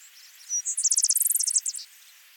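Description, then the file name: Vesper sparrow song: two clear introductory whistled notes, then a rapid series of bright trilled notes lasting about a second. "Pooecetes gramineus - Vesper Sparrow"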